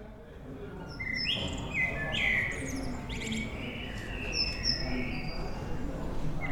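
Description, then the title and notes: Common blackbird delivering a fluty, slurred phrase followed by scratchy high twittering notes, with a low continuous rumble underneath. Evening in Bonn old town, May 2003; evening atmosphere. "bonn altstadt, amsel - abendstimmung, mai 2003. Amsel am Abend, Bonn 2003. by maik johannsen"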